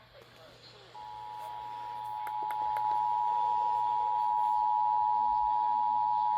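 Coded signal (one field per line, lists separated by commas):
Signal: Emergency Alert System (SAME) tones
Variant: 853 and 960 Hz attention tone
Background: speech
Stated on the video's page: Severe weather EAS alert relayed on KUHF 88.7 FM, KACC 89.7 FM, and TV stations KUBE and KTMD.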